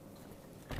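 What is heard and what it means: The bar of a rose-gold box-section bracelet clasp is handled near the microphone as it is pushed toward its box, with low, steady handling noise that swells into a louder rustle from about 0.7 s. Nothing has seated or clicked yet by the end of the clip.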